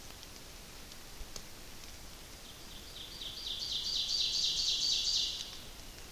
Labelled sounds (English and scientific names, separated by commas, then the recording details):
Ovenbird (Seiurus aurocapilla) song
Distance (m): 45 m
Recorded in boreal forest in Alberta, Canada, on 28 May 2016 at 08:53
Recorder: SongMeter 3, array SBT-3-49
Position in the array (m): 107 m, 134 m
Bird 15